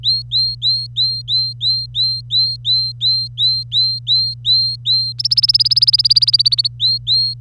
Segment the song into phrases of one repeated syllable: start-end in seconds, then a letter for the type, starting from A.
0.03-5.14 A, 5.18-6.68 B, 6.80-7.34 A